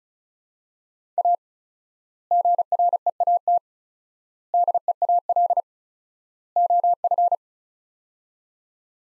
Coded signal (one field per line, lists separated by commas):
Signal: Morse code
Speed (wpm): 36 wpm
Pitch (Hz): 700 Hz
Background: none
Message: A GREAT DEAL OF